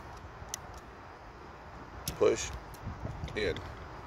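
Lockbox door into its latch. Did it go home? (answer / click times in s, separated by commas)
no / none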